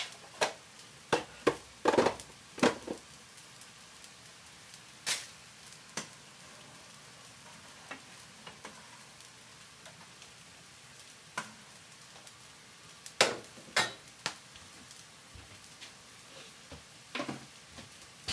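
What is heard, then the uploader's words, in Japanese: Sounds around a bowl of bonito tataki ramen: sharp, bright clicks and knocks like utensils, arriving in loose clusters, busiest in the first three seconds and again near 13 to 14 seconds. Between them lies a soft, steady hiss. 環境音 かつおのたたきらーめん。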